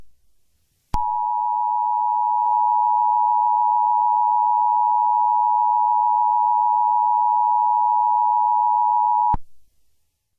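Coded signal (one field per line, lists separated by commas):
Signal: Emergency Alert System (SAME) tones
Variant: 853 and 960 Hz attention tone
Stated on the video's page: EAS tones in a simulated alert scenario about a monster attacking New York.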